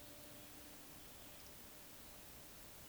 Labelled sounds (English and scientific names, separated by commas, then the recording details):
Eurasian Woodcock (Scolopax rusticola) whistle
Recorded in Baden-Württemberg, Germany, on 29 May 2021 at 19:43 UTC
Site 24608, 624 m above sea level